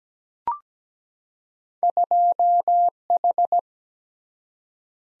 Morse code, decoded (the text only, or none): 2H